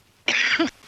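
One harsh cough burst from an adult, ending in a gurgling tail, then a second burst begins: a wet, productive cough, loose with airway mucus.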